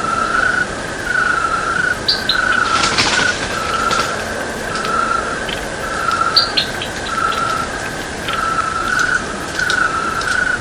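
Cricket chirping in regular ringing bursts, with a few short high chirps over it.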